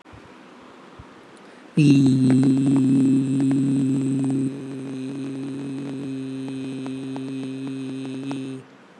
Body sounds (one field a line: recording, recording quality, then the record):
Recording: sustained vowel as in beet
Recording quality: excellent, no background noise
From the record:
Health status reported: healthy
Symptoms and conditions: none ticked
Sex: male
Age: 37 years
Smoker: not ticked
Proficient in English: yes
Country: India